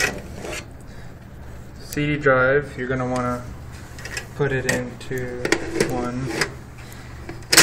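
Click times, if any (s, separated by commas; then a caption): 7.5 s. An optical CD drive is slid into a drive bay in a PC case while someone talks. A sharp click at 7.5 seconds marks the drive locking into place, seated in the bay.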